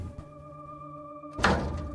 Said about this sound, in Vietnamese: Toàn bỗng giật mình bởi tiếng mở cửa mạnh.